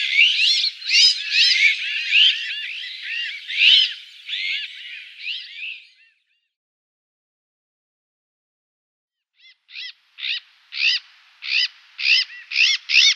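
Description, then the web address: Azure-winged magpie calls: a burst of harsh, chattering notes for about six seconds, then a pause, then a series of short, repeated calls. "Schulze Peter Azure-winged Magpie calls"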